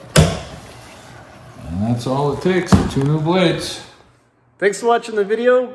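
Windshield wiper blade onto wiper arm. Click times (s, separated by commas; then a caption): 0.2 s. A new windshield wiper blade on a 2000-2005 Cadillac DeVille is slid into place onto the wiper arm's hook until it locks, giving a single sharp, loud click at 0.2 s. The blade is seated on the arm, and someone then talks.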